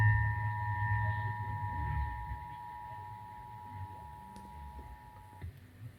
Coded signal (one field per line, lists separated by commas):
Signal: Emergency Alert System (SAME) tones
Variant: 853 and 960 Hz attention tone